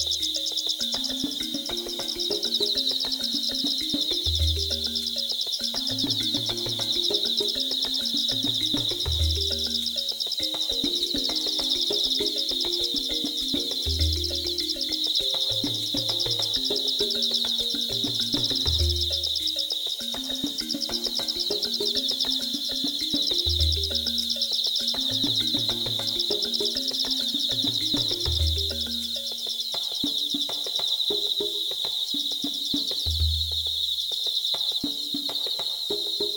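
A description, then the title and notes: Thousands of insects buzz in a dense, unbroken high whine that holds steady throughout. Beneath it, a low pattern of deep tones repeats about every five seconds, with a short low thump in each cycle. The overall loudness stays even. Thousands of insects.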